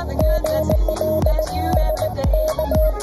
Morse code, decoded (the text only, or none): GL SK